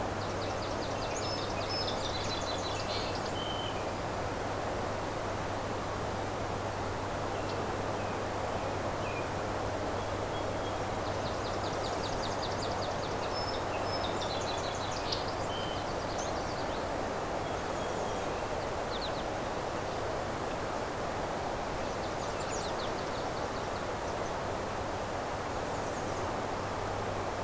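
Migrant songbirds chatter in short bursts of high, thin chirps, clustering near the start, around the middle and again toward the end. Beneath them runs a constant rushing hiss and a low, unbroken hum that never changes in level.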